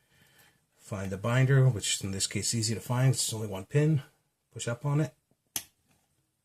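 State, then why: Seated. Someone talks while picking a pin tumbler in a padlock cylinder, holding medium tension on the tension wrench and slowly pushing up the single binding standard pin. At 5.6 s a sharp click sounds as the pin sets at the shear line and the lock opens.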